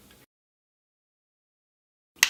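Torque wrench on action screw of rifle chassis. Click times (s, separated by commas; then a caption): 2.2 s. A torque wrench set to 65 inch-pounds is tightened on a steel action screw into an A*B Arms MOD*X GEN III rifle chassis. Faint low noise fades out and silence follows, then the wrench gives a sharp, bright click at 2.2 s, confirming it has reached the set torque.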